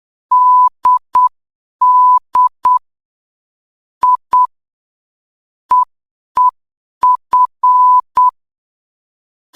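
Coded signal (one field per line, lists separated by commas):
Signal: Morse code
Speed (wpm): 8 wpm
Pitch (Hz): 1000 Hz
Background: none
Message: DD I EEF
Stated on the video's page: Beginner Morse code training drill, Level 2.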